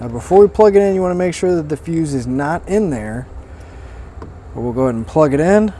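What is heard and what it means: Someone talks while handling a single-pin plastic power connector about to be plugged onto the fused wire with the fuse holder, fuse removed, of a Curt T-Connector trailer wiring harness on a 2016 Nissan Murano. A brief faint tick sounds around 4.2 s during a pause in the talk. Nothing has seated or clicked yet.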